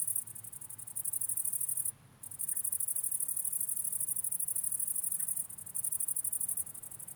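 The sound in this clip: Grasshopper stridulation: a high, hissing buzz held almost without break, with a short pause near two seconds and another near five and a half seconds.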